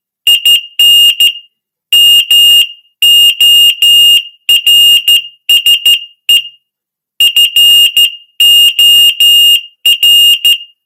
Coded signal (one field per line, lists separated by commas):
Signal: Morse code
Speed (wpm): 13 wpm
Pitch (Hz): 2850 Hz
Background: none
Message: IN MORSE FOR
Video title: Morse